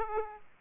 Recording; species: mosquito wingbeat signal from an infrared sensor; Aedes aegypti